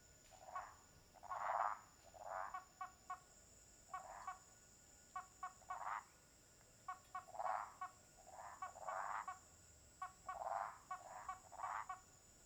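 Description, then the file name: Toad chorus of harsh, grating croaks in uneven bursts, with trains of short ticking pulses between them. A constant shrill insect drone sits underneath. Several toads at a lake at nightfall. "Sapos no lago inicio da noite com estalos de madeira, grilos e cigarras longe"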